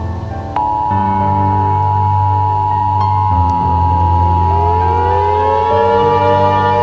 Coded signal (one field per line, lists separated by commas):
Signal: Emergency Alert System (SAME) tones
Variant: 853 and 960 Hz attention tone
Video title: EAS Scenario Among Us Remastered Preview